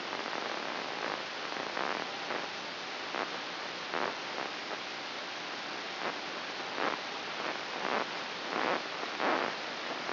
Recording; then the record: brain microelectrode recording played as sound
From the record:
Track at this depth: inside the subthalamic nucleus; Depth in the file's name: 7.131 mm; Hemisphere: right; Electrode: 2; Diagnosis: Parkinson's disease